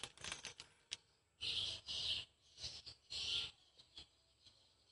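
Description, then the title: Swiftlets give quick clicks, then several loud buzzy, rasping chirps lasting about half a second each. "Suara Burung Wallet"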